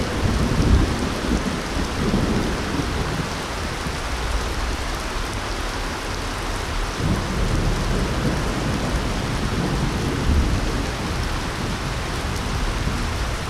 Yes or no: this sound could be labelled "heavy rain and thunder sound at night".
yes